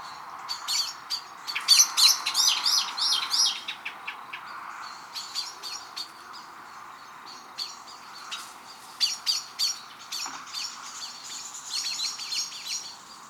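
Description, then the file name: Eurasian blackbird giving rapid chattering chinks, a dense burst early on, then looser clusters of sharp notes with pauses between. "Turdus merula"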